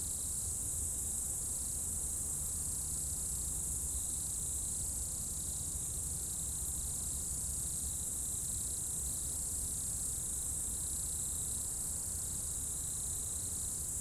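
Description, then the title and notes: Insects buzz in a continuous high whine, with a lower layer pulsing in short repeated bursts, over a background rumble. Insects in a roadside bank and trees at dusk, first hairpin bend of the Col du Chat road, Bourdeau, France; Tascam DAP1 DAT recorder, from a CD-R burned in 2006. "route col du Chat, Bourdeau, France - Tutti insectes. Dans la première épingle de la route du col du Chat à Bourdeau, insectes dans le talus et les arbres au crépuscule"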